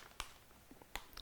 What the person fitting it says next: You can kind of feel it snap into place.